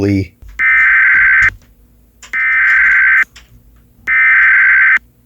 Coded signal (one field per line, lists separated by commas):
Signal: Emergency Alert System (SAME) tones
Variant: header bursts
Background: speech